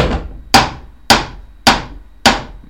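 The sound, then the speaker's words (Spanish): A hammer strikes a plastic chair five times in a steady, even rhythm, each blow a sharp, loud crack that rings out and fades before the next. “No, es que es plástico y al pegarle con el martillo rebota para atrás con bastante fuerza.”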